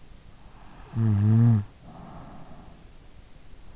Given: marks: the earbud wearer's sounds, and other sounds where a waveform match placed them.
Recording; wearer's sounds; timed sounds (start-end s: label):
sounds in sleep by an in-ear microphone; snoring breath
0.83-3.04 s: snoring breath